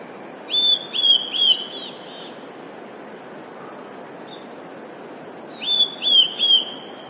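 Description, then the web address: Eurasian blue tit song, two phrases of three high, clear whistles each, with a quiet pause of about four seconds between. "wroblowe teka spiew. wroblowe teka modraszkoteka"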